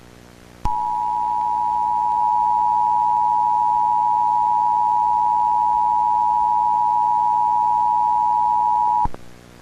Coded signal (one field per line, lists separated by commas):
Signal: Emergency Alert System (SAME) tones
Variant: 853 and 960 Hz attention tone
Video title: EAS Scenario #4: The Skinwalker (Part 2 of 4)